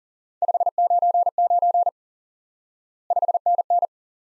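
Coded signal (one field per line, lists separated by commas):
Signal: Morse code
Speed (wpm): 40 wpm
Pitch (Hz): 700 Hz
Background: none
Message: 599 5NN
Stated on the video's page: Morse lesson teaching the QSO element 5NN by instant word recognition; speed is fast.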